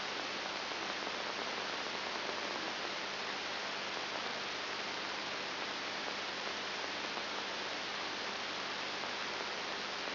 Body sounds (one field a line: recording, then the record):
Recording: brain microelectrode recording played as sound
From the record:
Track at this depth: inside the subthalamic nucleus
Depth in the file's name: 5.901 mm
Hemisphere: left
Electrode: 3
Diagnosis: Parkinson's disease